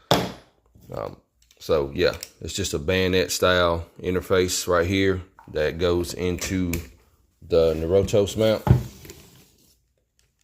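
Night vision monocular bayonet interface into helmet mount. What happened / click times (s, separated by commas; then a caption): Bayonet fitting brought up to the mount but not yet locked / none. Someone talks while bringing a night vision monocular's bayonet-style interface up to a helmet mount and lining it up before locking it in. Only small handling noises are heard, including a brief knock around 9.1 s. Nothing has seated or clicked yet.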